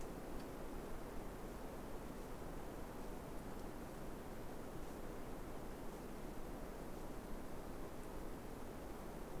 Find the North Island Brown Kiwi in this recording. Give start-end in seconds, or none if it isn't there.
none